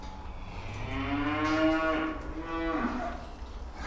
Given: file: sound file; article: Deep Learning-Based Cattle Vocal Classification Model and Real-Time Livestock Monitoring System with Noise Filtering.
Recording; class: cattle; food anticipating call